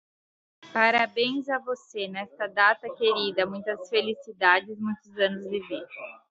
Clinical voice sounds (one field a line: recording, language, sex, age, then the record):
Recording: short text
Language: Brazilian Portuguese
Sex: female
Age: 30 to 39 years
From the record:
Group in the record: control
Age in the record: 32 years